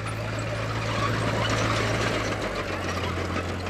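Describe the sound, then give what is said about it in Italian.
A tractor engine on a farm in Salmoggia, half an hour from Bologna, Italy, runs steadily, a continuous low diesel rumble with a droning hum and a broad mechanical rattle on top, holding an even level throughout with no voices. “alto, fisico asciutto, barba e mani salde sul volante del trattore, vive in Salmoggia, a mezz'ora da Bologna.”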